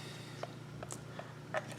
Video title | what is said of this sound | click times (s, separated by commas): Pulsar CORE FXQ50 Thermal Clip On and Spotting Monocular Review! | so until it clicks and then | 0.9 s